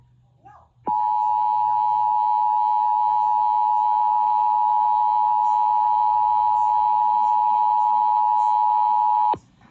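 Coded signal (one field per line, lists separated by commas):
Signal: Emergency Alert System (SAME) tones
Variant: 853 and 960 Hz attention tone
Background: speech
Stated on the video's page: Tornado and Severe Thunderstorm alerts from weather radio 162.550 and 162.400 MHz plus Dallas-Fort Worth AM and FM stations.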